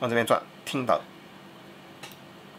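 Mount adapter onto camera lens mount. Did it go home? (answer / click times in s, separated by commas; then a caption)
yes / 2.0 s. Someone talks while rotating a metal E-to-Z mount adapter clockwise on a lens mount, with a TTArtisan 17mm F/1.4 lens and a Nikon Z50. A short, sharp tick at 2.0 s marks the adapter clicking and locking into the right position, so it is seated.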